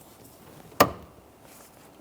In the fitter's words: Audible click.